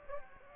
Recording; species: mosquito wingbeat signal from an infrared sensor; Aedes aegypti